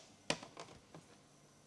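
A loose power connector is plugged back into a laptop that will not start; it is unclear whether this is the internal power-input connector or the charger plug. A sharp click is heard at 0.3 s as it seats, followed by two fainter knocks at about 0.6 s and 0.9 s, then quiet.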